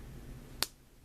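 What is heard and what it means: During transformation of a plastic Transformers Masterpiece KO Bumblebee action figure, the leg section is pulled down into the figure's body. A single sharp snap rings out at 0.6 s over faint background noise, and the leg section is seated in place.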